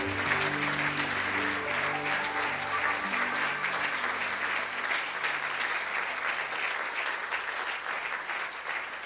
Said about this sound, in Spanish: Demos un aplauso fuerte de alabanza al Señor.